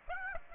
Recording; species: mosquito wingbeat signal from an infrared sensor; Aedes aegypti